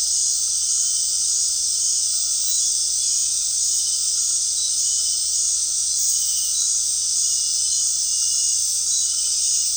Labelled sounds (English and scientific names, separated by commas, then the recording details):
none
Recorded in dense forest near Puerto Asís, Putumayo, Colombia, on 13 March 2025 at 19:00
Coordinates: 0.499, -76.324
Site GP03